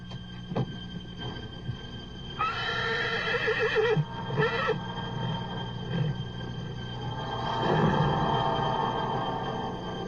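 A blind racehorse lets out a shrill, quavering whinny that breaks off and returns in a short second burst, followed later by a lower, rougher neigh over a steady low rumble.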